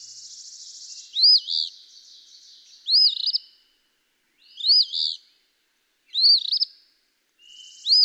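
Eastern phoebe repeating buzzy, arched phrases five times at intervals under two seconds, with soft buzzy notes in between.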